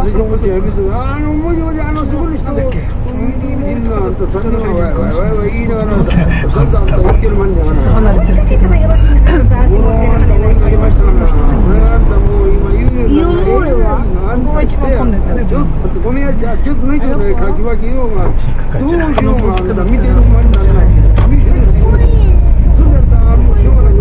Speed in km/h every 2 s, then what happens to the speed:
0, 0, 0, 0, 7, 1, 0, 0, 0, 2, 10, 19.
0-6 standing. 6-11 steady at about 1. 11-18 standing. 18-24 pulls away to 19.